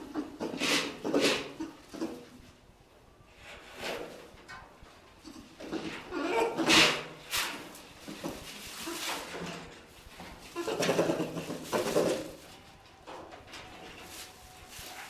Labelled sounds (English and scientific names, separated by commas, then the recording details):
Indian Crested Porcupine (Hystrix indica) call
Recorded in captivity
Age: diverse
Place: Zoopark Erfurt, Thüringen, DE
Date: 1966-09-01
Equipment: Uher 4000 Report-S, Transistorverstärker II, Sennheiser MD 421
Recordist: Tembrock, Günter